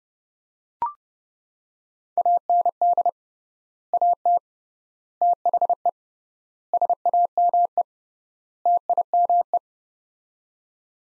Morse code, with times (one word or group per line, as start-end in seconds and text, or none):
2.2-3.1 AND
3.9-4.4 AT
5.2-5.9 THE
6.7-7.8 SAME
8.7-9.6 TIME